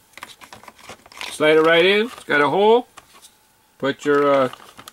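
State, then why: Not seated. A plastic toy elevator piece is handled and slid into place on a Matchbox Cliff Hanger Fire Station playset, with light plastic taps and rustles while someone talks. Nothing has seated or snapped in yet by the end of the clip.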